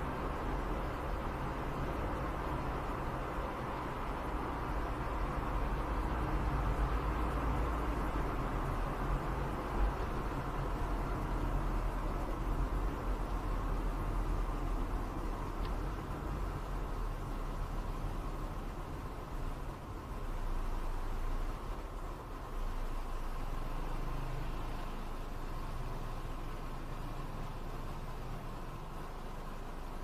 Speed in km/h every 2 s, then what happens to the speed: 73, 73, 71, 69, 66, 66, 65, 65, 66, 67, 69, 70, 70, 73, 73.
0-12 slows to 65. 12-30 steady at about 69.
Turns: none.